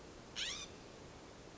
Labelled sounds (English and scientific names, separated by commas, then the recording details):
California Scrub-Jay (Aphelocoma californica)
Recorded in Sonoma County, California